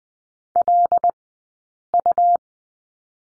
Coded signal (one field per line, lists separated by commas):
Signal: Morse code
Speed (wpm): 20 wpm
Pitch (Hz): 700 Hz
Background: none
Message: LU